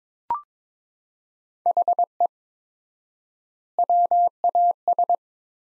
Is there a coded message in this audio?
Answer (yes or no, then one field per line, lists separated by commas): yes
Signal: Morse code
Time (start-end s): 1.7-5.2 s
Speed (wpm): 22 wpm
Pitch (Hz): 700 Hz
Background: none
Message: HE WAS